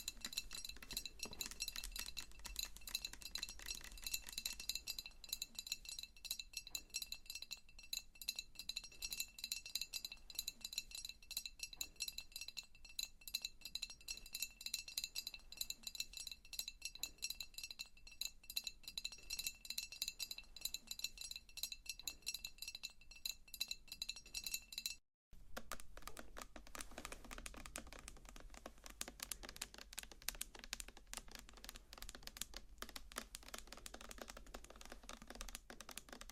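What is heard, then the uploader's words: Face touching and tapping triggers: dense, rapid tapping and rustling runs throughout with small clinking, rattly clicks. A faint low pulsing beat repeats about every second from roughly 5 to 25 seconds, then a brief silence gives way to busier scratchy tapping. ASMR Your Face is Plastic, Mine is Glass - Face Touching & Tapping Triggers.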